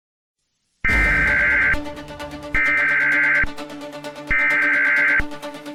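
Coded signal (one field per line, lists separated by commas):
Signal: Emergency Alert System (SAME) tones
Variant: header bursts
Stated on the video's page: Fictional EAS simulation on an FM radio station.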